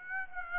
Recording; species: mosquito wingbeat signal from an infrared sensor; Aedes aegypti